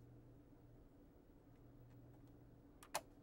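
A movable part of a finished 1:18 scale Mitsubishi A6M Zero Fighter model, built from the Agora Models partwork kit (pack 12), is coaxed into its recess over a steady low hum. A faint tick at 2.8 s is followed by a sharp, loud click at 3.0 s as the part seats home.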